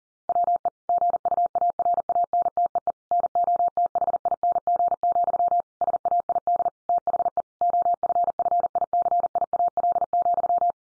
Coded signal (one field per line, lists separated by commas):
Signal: Morse code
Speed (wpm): 40 wpm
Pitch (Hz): 700 Hz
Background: none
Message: WE GUARANTEE NOTHING, SAID THE OFFICIAL,